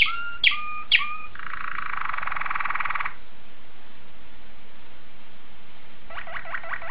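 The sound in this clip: Domestic canary song: three quick swooping whistled notes, then a dense buzzy rolling trill for about two seconds, a pause, and a fresh trill starting near the end.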